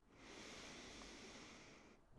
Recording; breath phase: one breath near a microphone; inhalation